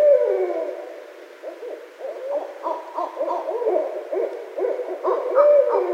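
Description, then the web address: Barred owl hooting and cackling, a dense run of overlapping throaty hoots and chattering notes, with a drawn-out wail at the start and near the end. Recorded 9 February 2012. "Barred Owl 2012 02 09"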